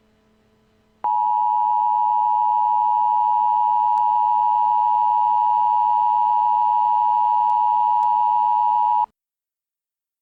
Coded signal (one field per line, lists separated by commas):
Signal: Emergency Alert System (SAME) tones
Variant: 853 and 960 Hz attention tone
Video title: EAS Scenario | QUEBRA DE CONTENÇÃO SCP-096 | Illusion